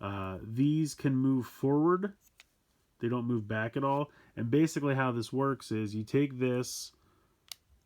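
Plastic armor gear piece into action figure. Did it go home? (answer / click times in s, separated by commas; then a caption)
yes / 7.5 s. A plastic Mega Gear armor piece is fitted onto a 4-inch King Shark action figure while someone talks. After the talking stops, a short, sharp click is heard at 7.5 s as the armor piece seats into place.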